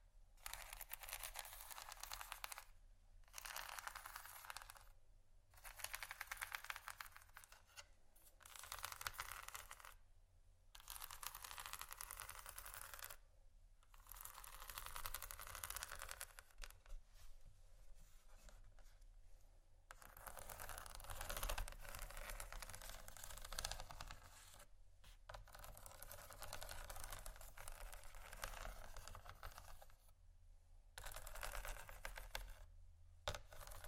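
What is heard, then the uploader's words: Rough scratching over bumpy items comes in bursts of dense, fine crackling clicks, each lasting one to three seconds, with brief silent gaps between them. The strokes are bright and gritty, set over a low steady hum, and the longest run comes around twenty seconds in. ASMR Scratching Bumpy Items No Talking Rode Mics.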